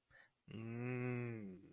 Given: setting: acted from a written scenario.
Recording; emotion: vocal sound without words; serenity